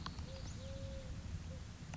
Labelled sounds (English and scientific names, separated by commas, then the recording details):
Eurasian Collared Dove (Streptopelia decaocto)
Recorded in Sonoma County, California